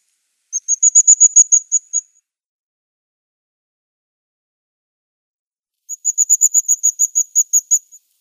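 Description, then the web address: Crested tit calls: two quick bursts of thin, very high notes in rapid succession, separated by a long silent pause. "Schulze Peter Crested Tit calls"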